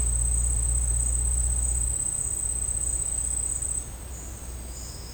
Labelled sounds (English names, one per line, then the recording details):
none
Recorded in secondary vegetation near Puerto Asís, Putumayo, Colombia, on 21 March 2025 at 11:00
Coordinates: 0.485, -76.322
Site G040